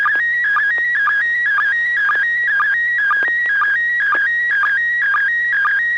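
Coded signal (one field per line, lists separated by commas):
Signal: SSTV (slow-scan television)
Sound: warbling high tone stepping between two pitches, with regular short low sync blips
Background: low hum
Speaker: looks like some neighbor or Neil has a really really fancy uh Halloween set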